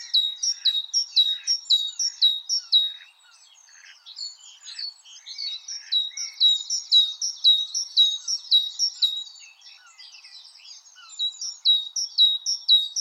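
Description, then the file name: Great tit song: repeated high two-note phrases in several bouts, with soft chirping between bouts. "Parus major"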